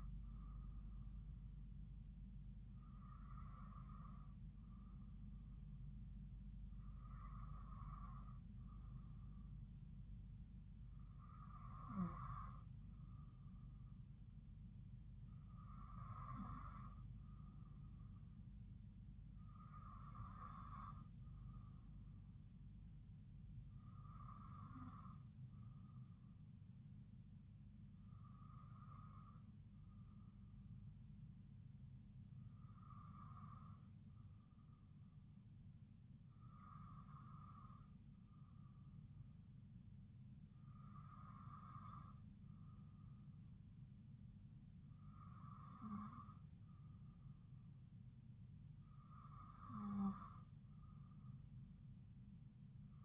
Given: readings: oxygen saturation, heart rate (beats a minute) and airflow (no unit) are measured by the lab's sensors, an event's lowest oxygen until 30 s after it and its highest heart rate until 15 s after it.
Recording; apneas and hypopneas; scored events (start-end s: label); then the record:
breathing in sleep by a smartphone at the bedside; none
none scored
From the record:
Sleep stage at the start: N2 (light sleep); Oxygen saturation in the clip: 93 to 94%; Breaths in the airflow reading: 12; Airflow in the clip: -2.9 to 2.2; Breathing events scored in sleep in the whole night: 270 in 6.1 hours asleep